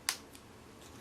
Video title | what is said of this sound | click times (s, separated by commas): 416 VFC GBBR, IS IT AS GOOD AS THEY SAY? (AIRSOFR REVIEW) | where you want to be, let it go and it locks | 0.1 s